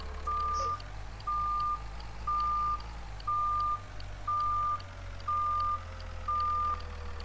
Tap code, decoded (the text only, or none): none